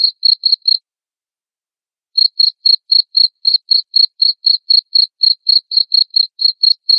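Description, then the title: Cricket chirps in a rapid regular train, four chirps, then a pause of over a second before the even chirping resumes. Loud cricket chirping played to make lovebirds sing continuously. "Suara JANGKRIK NGERIK Keras Bikin LOVEBIRD Jadi NGEKEK Terus"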